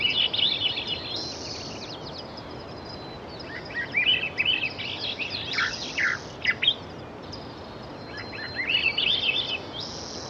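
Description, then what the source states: Songbirds chirping in quick, bright bursts of high twittering notes over a steady roar of surf. Songbirds with Pacific surf.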